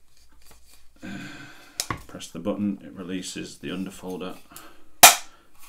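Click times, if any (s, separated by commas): 5.0 s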